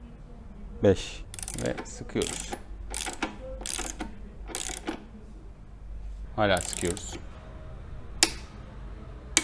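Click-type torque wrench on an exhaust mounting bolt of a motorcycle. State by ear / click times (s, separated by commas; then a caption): torque reached / 8.2 s, 9.4 s. A click-type torque wrench that came with a Remus exhaust kit tightens an exhaust mounting bolt on a KTM 890 Adventure R motorcycle, with repeated ratcheting strokes while someone talks. Two sharp, loud clicks at 8.2 s and 9.4 s show the wrench has reached its setting, signaling the bolt is tight enough even though more force could be applied.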